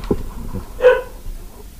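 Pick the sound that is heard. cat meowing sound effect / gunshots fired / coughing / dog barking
dog barking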